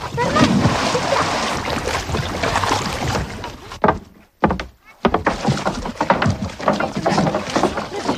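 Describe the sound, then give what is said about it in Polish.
Water sloshes and splashes steadily as small boats are taken out of the water and brought one person at a time to a slipway, broken by hollow wooden thunks and a brief pause midway, with people's voices mixed in. “Dobra, towarzystwo, wyjmujemy łódki z wody, pakujemy się na nie pojedynczo, podpływamy do slipu.”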